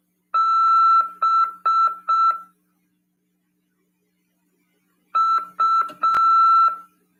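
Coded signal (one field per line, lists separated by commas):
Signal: Morse code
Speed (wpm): 6 wpm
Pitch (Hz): 1340 Hz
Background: none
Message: BU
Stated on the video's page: Amateur radio CW lesson on FM at 146.410 MHz.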